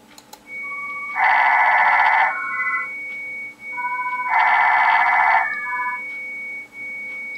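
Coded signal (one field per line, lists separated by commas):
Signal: digital SSTV (DRM)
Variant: WinDRM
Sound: steady high tones with two one-second bursts of dense rushing multi-tone hiss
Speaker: tadydle na začátku je 500 HZ a tady je 2 300 HZ takže ukázka ještě [Hudba] jednou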